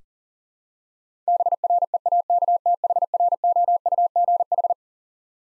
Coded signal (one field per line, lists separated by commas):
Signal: Morse code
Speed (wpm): 40 wpm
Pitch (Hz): 700 Hz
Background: none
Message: BREAKTHROUGH